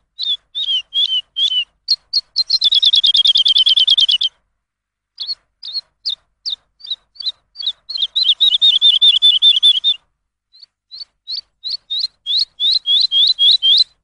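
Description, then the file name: Lark singing: separate high chirps alternating with long, fast runs of slurred notes, with a clean, quiet background. Lark song used for training songbirds. "suara masteran lark"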